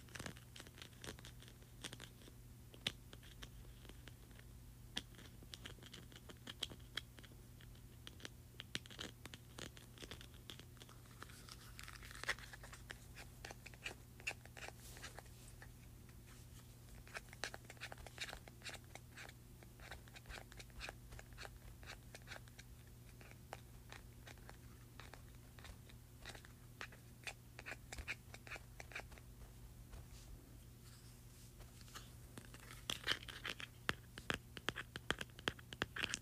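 A mini hand sanitizer bottle is handled, with a steady stream of sharp clicks, taps and scratchy rustles throughout. Brighter snaps stand out near 12 and 33 seconds. A constant low hum runs underneath.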